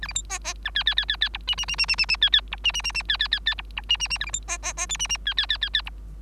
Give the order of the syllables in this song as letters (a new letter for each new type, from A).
A B C D D E F F F F F G H H H H H H H F F G H H H H F F F F G G H H H A B C D D D I H H F F F F F G